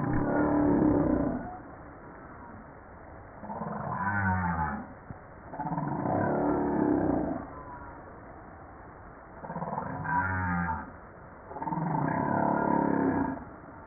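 Humpback whale moans: five broad, buzzy groaning units, each lasting one to two seconds with gaps between them. Rich, ringing harmonics run through each one.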